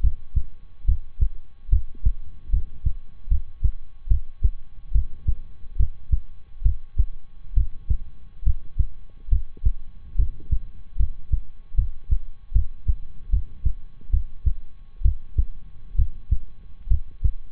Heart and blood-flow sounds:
heart sounds by stethoscope; between the tricuspid and mitral areas; 71 bpm
0.84 s: heartbeat
1.69 s: heartbeat
2.49 s: heartbeat
3.27 s: heartbeat
4.07 s: heartbeat
4.91 s: heartbeat
5.76 s: heartbeat
6.62 s: heartbeat
7.53 s: heartbeat
8.42 s: heartbeat
9.28 s: heartbeat
10.15 s: heartbeat
10.96 s: heartbeat
11.74 s: heartbeat
12.52 s: heartbeat
13.29 s: heartbeat
14.10 s: heartbeat
15.01 s: heartbeat
15.95 s: heartbeat
16.87 s: heartbeat
From the record:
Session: rest, lying down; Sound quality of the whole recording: good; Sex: male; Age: 23 years

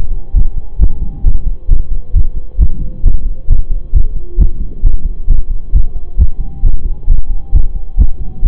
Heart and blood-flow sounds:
heart sounds by stethoscope; between the tricuspid and mitral areas; 134 bpm
0.35 s: heartbeat
0.80 s: heartbeat
1.25 s: heartbeat
1.69 s: heartbeat
2.14 s: heartbeat
2.59 s: heartbeat
3.04 s: heartbeat
3.49 s: heartbeat
3.94 s: heartbeat
4.39 s: heartbeat
4.83 s: heartbeat
5.28 s: heartbeat
5.73 s: heartbeat
6.18 s: heartbeat
6.63 s: heartbeat
7.08 s: heartbeat
7.53 s: heartbeat
7.98 s: heartbeat
8.43 s: heartbeat
From the record:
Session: pedaling a stationary bicycle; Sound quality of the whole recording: saturated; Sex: male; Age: 25 years

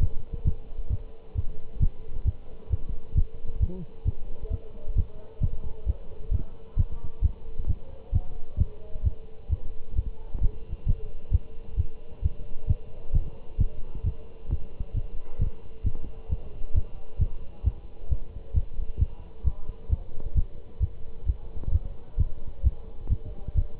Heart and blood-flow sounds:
heart sounds by stethoscope; between the tricuspid and mitral areas; 133 bpm
0.02 s: heartbeat
0.46 s: heartbeat
0.91 s: heartbeat
1.36 s: heartbeat
1.81 s: heartbeat
2.26 s: heartbeat
2.71 s: heartbeat
3.16 s: heartbeat
3.61 s: heartbeat
4.06 s: heartbeat
4.52 s: heartbeat
4.97 s: heartbeat
5.42 s: heartbeat
5.88 s: heartbeat
6.33 s: heartbeat
6.78 s: heartbeat
7.23 s: heartbeat
7.68 s: heartbeat
8.14 s: heartbeat
8.59 s: heartbeat
9.05 s: heartbeat
9.51 s: heartbeat
9.97 s: heartbeat
10.42 s: heartbeat
10.87 s: heartbeat
11.33 s: heartbeat
11.78 s: heartbeat
12.23 s: heartbeat
12.69 s: heartbeat
13.14 s: heartbeat
13.59 s: heartbeat
14.05 s: heartbeat
14.51 s: heartbeat
14.95 s: heartbeat
15.40 s: heartbeat
15.85 s: heartbeat
16.30 s: heartbeat
16.75 s: heartbeat
17.20 s: heartbeat
17.65 s: heartbeat
18.11 s: heartbeat
18.55 s: heartbeat
19.00 s: heartbeat
19.46 s: heartbeat
19.91 s: heartbeat
20.36 s: heartbeat
20.81 s: heartbeat
21.27 s: heartbeat
21.73 s: heartbeat
22.19 s: heartbeat
22.65 s: heartbeat
23.11 s: heartbeat
23.56 s: heartbeat
From the record:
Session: Bruce protocol treadmill stress test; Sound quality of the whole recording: good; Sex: male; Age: 25 years

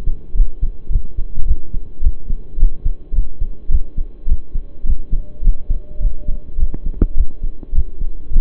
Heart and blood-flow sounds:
heart sounds by stethoscope; between the tricuspid and mitral areas; 106 bpm
0.35 s: heartbeat
0.90 s: heartbeat
1.46 s: heartbeat
2.02 s: heartbeat
2.58 s: heartbeat
3.13 s: heartbeat
3.70 s: heartbeat
4.27 s: heartbeat
4.85 s: heartbeat
5.42 s: heartbeat
6.00 s: heartbeat
6.58 s: heartbeat
7.15 s: heartbeat
7.73 s: heartbeat
8.31 s: heartbeat
From the record:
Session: pedaling a stationary bicycle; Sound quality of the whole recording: saturated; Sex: male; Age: 23 years

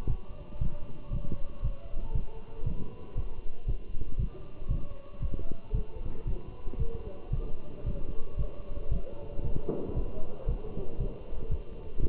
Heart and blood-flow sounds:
heart sounds by stethoscope; between the tricuspid and mitral areas; 116 bpm
0.09 s: heartbeat
0.61 s: heartbeat
1.13 s: heartbeat
1.64 s: heartbeat
2.15 s: heartbeat
2.67 s: heartbeat
3.17 s: heartbeat
3.68 s: heartbeat
4.19 s: heartbeat
4.70 s: heartbeat
5.22 s: heartbeat
5.74 s: heartbeat
6.27 s: heartbeat
6.79 s: heartbeat
7.33 s: heartbeat
7.86 s: heartbeat
8.39 s: heartbeat
8.92 s: heartbeat
9.44 s: heartbeat
9.96 s: heartbeat
10.49 s: heartbeat
11.00 s: heartbeat
11.51 s: heartbeat
12.03 s: heartbeat
From the record:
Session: walking at 3.7 km/h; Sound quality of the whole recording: good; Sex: male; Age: 27 years

